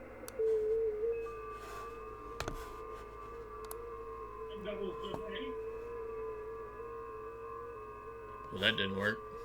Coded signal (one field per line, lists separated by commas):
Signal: FT8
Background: speech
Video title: Me working dx and screen capture test on ham radio